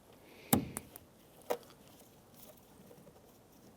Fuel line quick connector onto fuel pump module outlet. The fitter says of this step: and you want to just give that a little tug to make sure that's locked into place and everything looks good